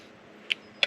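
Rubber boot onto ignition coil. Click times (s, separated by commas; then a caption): 0.5 s, 0.8 s. A new rubber ignition coil boot with a spring is pushed onto the ignition coil of a Dodge Journey 3.6L during spark plug replacement. Against a faint, steady background, two sharp clicks ring out at 0.5 s and 0.8 s, the second slightly louder. The boot is confirmed fully seated on the coil.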